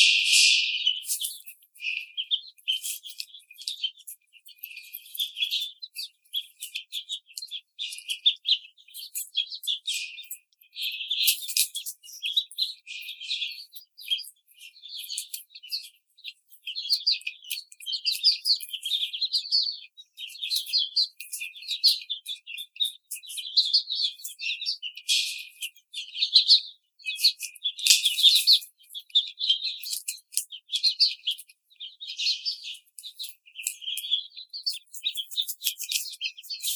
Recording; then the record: young laying hens in a cage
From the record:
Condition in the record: treatment cage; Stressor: simulated dog barking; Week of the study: 5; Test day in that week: 1